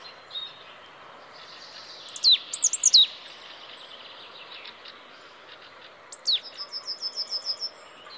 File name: Poecile palustris